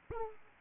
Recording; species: mosquito wingbeat signal from an infrared sensor; Aedes aegypti